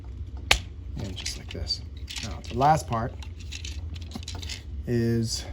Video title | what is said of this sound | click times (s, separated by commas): Earthrise Voyager Megatron | Okay, now it closes just nicely. And it snaps back in | 0.5 s